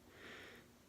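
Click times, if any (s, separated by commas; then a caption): none. A plastic part of a customized action figure is handled so its inner tabs line up with the slots on the figure body. A soft, breathy hiss peaks around 0.3 seconds with no sharp transient, and there is no talking. Nothing has seated or clicked yet, and the part is not yet home.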